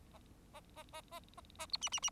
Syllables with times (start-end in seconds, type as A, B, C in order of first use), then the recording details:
0.53-0.61 A, 0.76-0.83 A, 0.92-1.01 A, 1.11-1.19 A, 1.37-1.40 A, 1.58-1.66 A, 1.72-1.77 B, 1.81-1.89 C, 1.92-2.00 C, 2.02-2.10 C. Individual Bird4